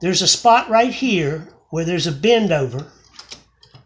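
Someone talks while lining up a plastic and metal carriage part at a bend-over spot on the carriage of a vintage Brother knitting machine, followed by a few faint handling taps near the end. Nothing has seated or locked into place yet when the clip ends.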